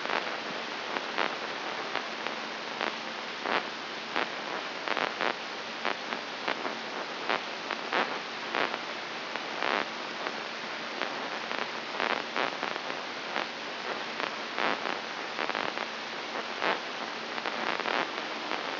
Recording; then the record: brain microelectrode recording played as sound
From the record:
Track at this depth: inside the subthalamic nucleus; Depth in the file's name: 4.539 mm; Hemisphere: right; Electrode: 3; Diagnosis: Parkinson's disease